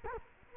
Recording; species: mosquito wingbeat signal from an infrared sensor; Culex quinquefasciatus